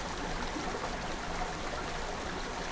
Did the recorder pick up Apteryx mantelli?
no